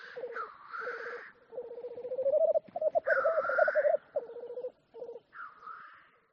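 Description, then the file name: Black grouse pouring out a low, pulsing bubbling coo in several bursts, broken by a few harsh hissing sneezes above it. "audio hero Bird Black Grouse"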